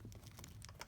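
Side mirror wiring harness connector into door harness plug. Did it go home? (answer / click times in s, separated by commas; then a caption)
no / none. A side view mirror wiring harness connector on a 2000–2008 Ford Focus is being handled behind the plastic door trim, about to be pushed into the door harness plug. Short scattered ticks and light rustling sounds are heard over a low hum. The connector has not clicked or seated yet.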